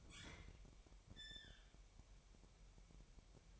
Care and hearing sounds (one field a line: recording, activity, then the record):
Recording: daily activity, microphone in the room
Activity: open fridge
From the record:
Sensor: 1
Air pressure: 1002.0 hPa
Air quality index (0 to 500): 240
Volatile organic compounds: 46 ppm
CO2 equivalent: 3244 ppm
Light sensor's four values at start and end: 8/28/10/11 and 8/28/10/11